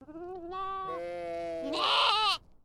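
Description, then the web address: Sheep bleating: one long, wavering bleat that climbs into a harsher, louder ending before stopping abruptly. Lamb and adult sheep. "Lynne Music 2 Animal-Sheep-Lamb-And-Adult"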